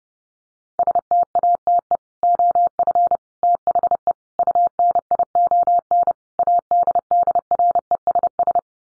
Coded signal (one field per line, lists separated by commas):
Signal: Morse code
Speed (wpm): 30 wpm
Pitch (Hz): 700 Hz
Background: none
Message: STATE OF THE UNION ADDRESS